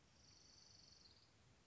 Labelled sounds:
Orange-crowned Warbler
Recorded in Sonoma County, California

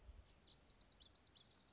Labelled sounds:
Lazuli Bunting
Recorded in Sonoma County, California

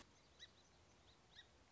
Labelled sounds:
Song Sparrow
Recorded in Sonoma County, California

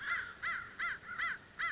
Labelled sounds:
American Crow
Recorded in Sonoma County, California

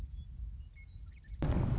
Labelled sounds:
Western Meadowlark
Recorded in Sonoma County, California

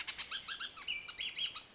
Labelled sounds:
Bullock's Oriole
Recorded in Sonoma County, California

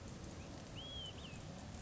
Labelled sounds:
Olive-sided Flycatcher
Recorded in Sonoma County, California

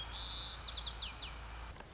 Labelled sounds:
White-crowned Sparrow
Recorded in Sonoma County, California

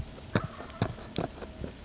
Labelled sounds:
Wild Turkey
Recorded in Sonoma County, California

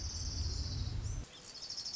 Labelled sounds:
Orange-crowned Warbler
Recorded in Sonoma County, California

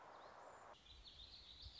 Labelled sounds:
Warbling Vireo
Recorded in Sonoma County, California

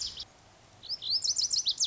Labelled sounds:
Lazuli Bunting
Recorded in Sonoma County, California

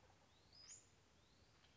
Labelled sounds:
Western Flycatcher
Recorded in Sonoma County, California

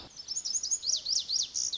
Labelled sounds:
Lazuli Bunting
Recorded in Sonoma County, California

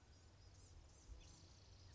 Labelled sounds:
Blue-gray Gnatcatcher
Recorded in Sonoma County, California

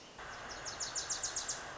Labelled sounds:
Wilson's Warbler
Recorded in Sonoma County, California

